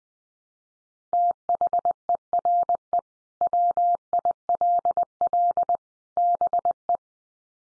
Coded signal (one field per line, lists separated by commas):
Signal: Morse code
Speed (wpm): 20 wpm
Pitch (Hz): 700 Hz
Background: none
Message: THERE WILL BE